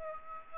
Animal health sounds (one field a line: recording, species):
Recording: mosquito wingbeat signal from an infrared sensor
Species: Aedes aegypti